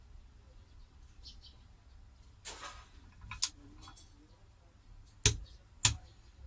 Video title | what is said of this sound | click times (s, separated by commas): Autoprop H6 full in field service. | until it clicks | 3.4 s, 5.3 s, 5.9 s